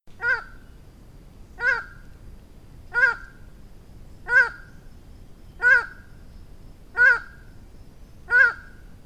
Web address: Highland tinamou. صدای-پرنده-وشم-کوهسار